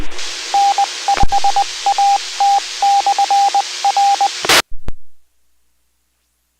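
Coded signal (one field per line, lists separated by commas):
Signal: Morse code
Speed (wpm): 20 wpm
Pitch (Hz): 800 Hz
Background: radio noise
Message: N5AT/R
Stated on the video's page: Repeaters monitored during Skywarn severe-weather nets: 146.940 MHz, 443.200 MHz and 146.775 MHz.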